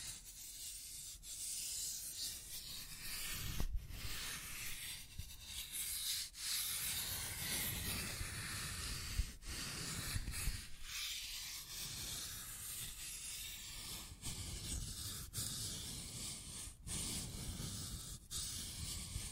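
Scratching and tracing sounds: a continuous rough, hissy rubbing, like something dragged repeatedly across a surface. The strokes come in uneven bursts, with brief breaks every second or two, notably near 1, 3.5, 9, 10.5 and 17 seconds. A faint low rumble runs underneath.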